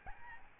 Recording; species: mosquito wingbeat signal from an infrared sensor; Aedes albopictus